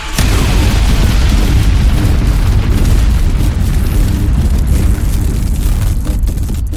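A weapon launcher starts up and a moment later fires with a heavy, deep boom that kicks in abruptly and rolls on as a steady, loud rumbling roar for several seconds, with no voices.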